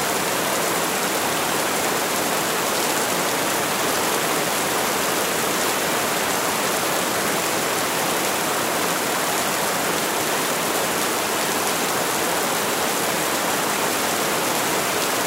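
Steady, dense rain hisses evenly throughout, a bright unbroken wash with little low end and no distinct drops or changes.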